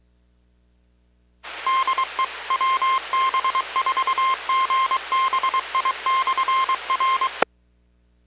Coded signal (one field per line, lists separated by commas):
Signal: Morse code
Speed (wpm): 23 wpm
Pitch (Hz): 1060 Hz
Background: none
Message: DE WB4GBI/R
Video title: KC9VKV HAM RADIO QSO-VLOG - BILLY-KI4FRJ - 7/21/17 - CROSS MT. REVISITED!!! - JIM'S RADIO STORY